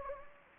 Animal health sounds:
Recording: mosquito wingbeat signal from an infrared sensor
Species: Anopheles gambiae

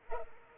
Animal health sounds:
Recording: mosquito wingbeat signal from an infrared sensor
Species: Culex pipiens

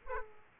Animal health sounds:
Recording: mosquito wingbeat signal from an infrared sensor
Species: Aedes aegypti

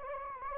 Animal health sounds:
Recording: mosquito wingbeat signal from an infrared sensor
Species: Anopheles gambiae

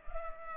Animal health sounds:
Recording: mosquito wingbeat signal from an infrared sensor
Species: Culex pipiens

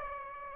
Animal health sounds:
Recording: mosquito wingbeat signal from an infrared sensor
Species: Aedes aegypti

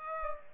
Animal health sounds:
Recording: mosquito wingbeat signal from an infrared sensor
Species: Aedes aegypti

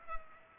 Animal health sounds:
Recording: mosquito wingbeat signal from an infrared sensor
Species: Culex pipiens

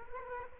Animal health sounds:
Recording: mosquito wingbeat signal from an infrared sensor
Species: Culex quinquefasciatus

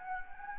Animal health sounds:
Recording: mosquito wingbeat signal from an infrared sensor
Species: Anopheles gambiae

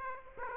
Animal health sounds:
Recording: mosquito wingbeat signal from an infrared sensor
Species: Aedes aegypti

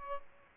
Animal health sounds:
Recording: mosquito wingbeat signal from an infrared sensor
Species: Aedes aegypti

